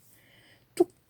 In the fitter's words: 찰칵 하는 소리 가 나면 성공 입니다 .